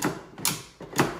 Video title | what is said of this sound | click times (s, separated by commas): Buy Now Amazon link | There's that little click sound, so you know that it's in. | 1.0 s